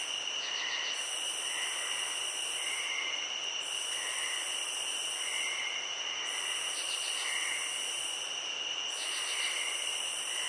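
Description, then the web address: Cricket chirping forms an unbroken shrill drone, layered with pulsing bursts and repeated lower notes. Nature ambience recording. "SFXBible ambience-nature-crickets-frogs"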